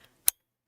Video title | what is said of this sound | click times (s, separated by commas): VLOG Thursday 224 pfsense, Wireguard, and Business Talk | that click was me plugging in this meeker tick | 0.3 s